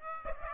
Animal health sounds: mosquito wingbeat signal from an infrared sensor; Aedes aegypti

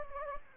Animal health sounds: mosquito wingbeat signal from an infrared sensor; Anopheles gambiae

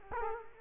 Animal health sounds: mosquito wingbeat signal from an infrared sensor; Culex quinquefasciatus

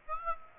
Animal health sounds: mosquito wingbeat signal from an infrared sensor; Aedes aegypti

